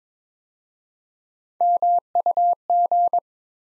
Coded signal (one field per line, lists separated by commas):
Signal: Morse code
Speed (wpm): 22 wpm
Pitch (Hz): 700 Hz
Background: none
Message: MUG